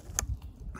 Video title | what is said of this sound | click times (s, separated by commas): Audi A1 2012 Full Service + Engine Management Light Mass Air | so the assembly is back in place we pop the plug on there make sure it clicks shut | 0.2 s